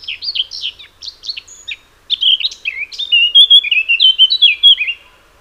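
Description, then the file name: Eurasian blackcap sings scratchy chattering notes, pauses briefly, then bursts into a loud, rich series of clear whistled phrases. "Sylvia atricapilla"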